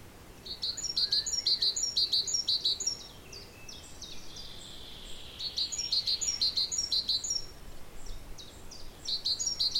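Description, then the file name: Great tit singing its see-sawing two-note phrase, repeated quickly in three bursts separated by gaps, over steady low hiss. "Parus major"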